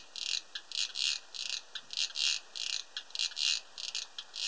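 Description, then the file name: Cricket chirps in quick high bursts, a few doubled, over an even background. Recorded 31 August 2007; audio filtered. "070831 Gropper Cricket"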